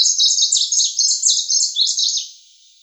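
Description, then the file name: Tickell's leaf warbler pouring out a continuous, very high string of quick sliding notes for over two seconds before trailing off. "Penochka zheltobrjuhaja"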